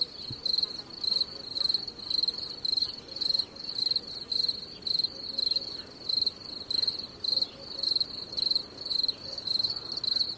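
Cricket producing a long run of shrill pulsed chirps, about two each second, evenly spaced throughout, over a quiet hissing background.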